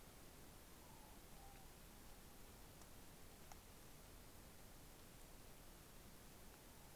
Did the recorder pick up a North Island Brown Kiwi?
no